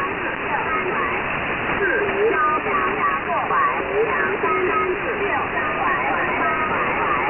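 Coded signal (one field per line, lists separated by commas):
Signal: numbers station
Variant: VC01 Chinese Robot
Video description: The Chinese oddity station VC01, also called the "Chinese Robot" has been around for many years.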